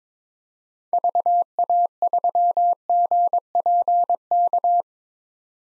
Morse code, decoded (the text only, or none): VA3GPK